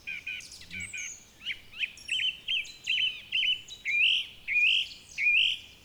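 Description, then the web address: Bird song, a lively string of high chirps and twittering notes, some of them slurred. "Oiseaux"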